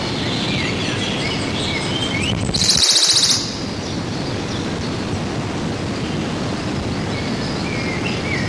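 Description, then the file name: Western Bonelli's warbler singing one short, dry, even trill of fast high notes, about a second long, against constant rushing background noise. "Berglaubsaenger"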